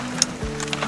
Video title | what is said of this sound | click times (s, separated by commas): [冰島/活動] 冰島冰川健行新手必看！裝備教學與絕美夏季雪隧道全紀錄 | 然後那邊有一個扣環Andthenyouhavetheclipthere你只要把它扣上去Soyoujustclipitin | 0.2 s